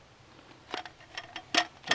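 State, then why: Seated. The other end of the rolled aluminium slat top of an EDEUOEY small folding camp table is fitted into its frame channel without looking, with light rattling taps as the slats settle. It clicks in at 1.6 s and again at 1.9 s, seating the second table end in the channel.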